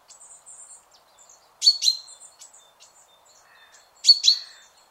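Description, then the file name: Common chaffinch calls: sharp, high paired chips twice, with faint thin whistles and soft twitters between them. "Fringilla coelebs"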